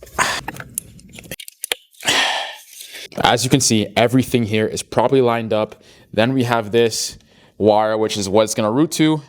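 Ground-kit wire terminal pins are pushed flat side up into the pin slots of an ignition coil harness connector on a Golf R, giving short, sharp clicks at 0.8 s and 1.7 s. The terminals click in and are seated, and someone talks afterward.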